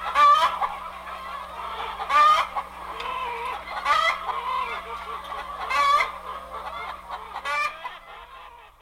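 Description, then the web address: Chicken clucking, with loud harsh squawks about every two seconds and softer clucks between them, over a faint steady low hum. "jac-holzman--authentic-sound-effects-volume-2. Chicken"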